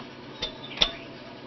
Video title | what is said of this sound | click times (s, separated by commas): Hyundai Elantra `03 w 2.0l manual transmission clutch replace pt 3 | it is in business it's locked on if you don't hear a click you have | 0.8 s